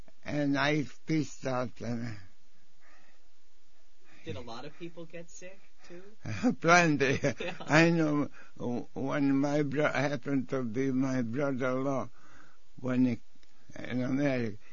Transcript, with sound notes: And I Did a lot of people get sick, too?
Plenty. (laughs) I know when my bro-- happened to be my brother-law when he - in Amer--.